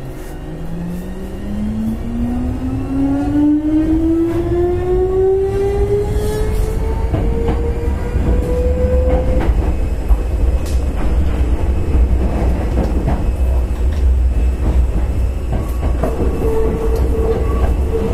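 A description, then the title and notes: An express train on the Takarazuka Line runs with a steady low rumble, a rising motor whine over the first nine seconds, and scattered clicks. 阪急6000系 宝塚線急行 梅田から宝塚まで. It is running sound of Hankyu Railway 6000 series train. I recorded on the express train of Takarazuka Line. The section is from Umeda to Takarazuka.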